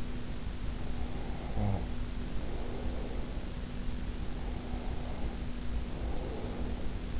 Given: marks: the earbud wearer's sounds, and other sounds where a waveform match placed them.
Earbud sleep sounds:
sounds in sleep by an in-ear microphone; snoring breath, breath
0.67-3.66 s: snoring breath
4.12-7.20 s: breath

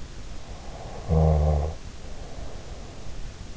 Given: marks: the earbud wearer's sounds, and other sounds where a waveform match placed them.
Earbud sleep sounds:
sounds in sleep by an in-ear microphone; snoring breath
0.63-3.38 s: snoring breath

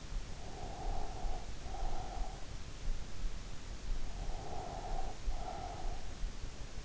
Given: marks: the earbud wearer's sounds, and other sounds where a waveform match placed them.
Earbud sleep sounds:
sounds in sleep by an in-ear microphone; breath
0.48-3.19 s: breath
3.84-6.55 s: breath

